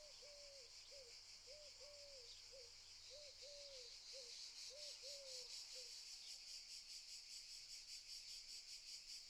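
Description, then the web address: Cicada buzz, high and pulsing, grows louder midway; a lower tonal call repeats in paired notes beneath it for the first six seconds. Cicadas stridulating very loudly in summer fields during the day, in the morning. "Sculp Tunes - Summer in the field - Crickets and Cicadas - Summer in the fields - DAY Morning - the cicadas stridulate very loudly"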